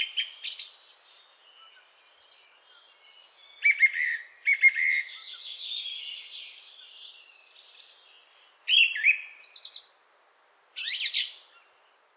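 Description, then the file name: Thrush song of varied, scratchy and whistled phrases, some high and squeaky, delivered in bursts separated by short pauses. "drozd"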